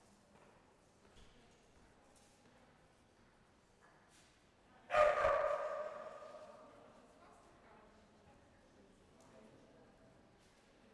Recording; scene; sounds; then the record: everyday scene through a hearing-aid microphone; reverberant space; barking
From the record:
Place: railway station hall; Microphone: behind the ear, left, rear